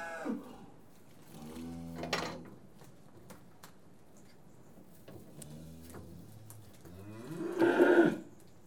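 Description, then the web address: Cattle lowing: a few deep moos among clicks and knocks, with a louder burst at the end. Cattle being tested. "The BBC Sound Effects Library. Cattle Being Tested"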